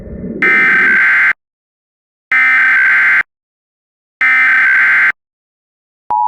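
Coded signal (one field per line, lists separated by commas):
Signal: Emergency Alert System (SAME) tones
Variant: header bursts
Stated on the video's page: Mock EAS alert tones, a fictional recreation.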